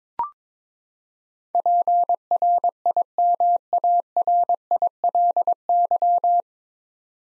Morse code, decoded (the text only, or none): PRIMARILY